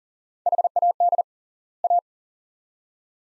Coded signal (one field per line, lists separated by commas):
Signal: Morse code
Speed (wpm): 40 wpm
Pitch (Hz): 700 Hz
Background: none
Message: HAD A